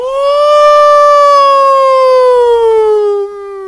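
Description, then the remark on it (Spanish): A human voice howls like a wolf: one loud, sustained wail lasting about three seconds, sliding slowly downward in pitch before trailing off, with no talking. “Porque acá los que vienen aullan como salvajes.”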